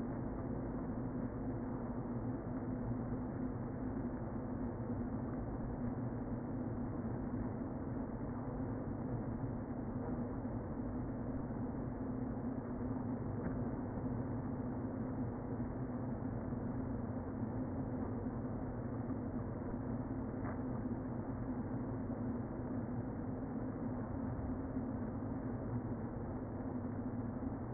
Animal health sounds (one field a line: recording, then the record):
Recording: honeybee colony, microphone inside the hive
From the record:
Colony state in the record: queen present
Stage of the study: before two queens were removed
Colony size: about 60,000 bees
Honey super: yes